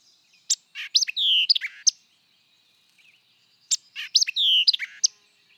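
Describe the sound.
White-eyed vireo singing two snappy phrases, each of sharp chips and a clear slurred whistle, separated by a short pause of near silence.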